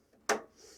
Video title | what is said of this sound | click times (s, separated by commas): be Quiet! Dark Base 700 & Dark Power 12 PSU Partial Unboxing & Review | so push down on this you'll hear it click and that comes out | 0.3 s